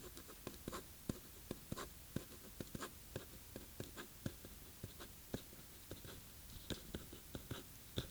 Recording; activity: daily activity, guitar pickup as the sensor; write